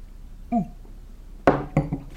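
Glasses clink together in a toast: a light ring early on, then a sharper cluster of bright clinks and chimes with a short ringing tail, over quiet background.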